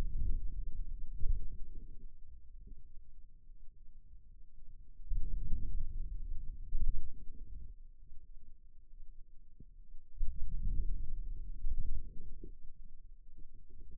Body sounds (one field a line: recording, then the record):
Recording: forearm muscle sounds (acoustic myography)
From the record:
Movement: outward rotation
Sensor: system 2, bracelet of six BSWA MPA416 microphones around the upper forearm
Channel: 1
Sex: male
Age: 22 years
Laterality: right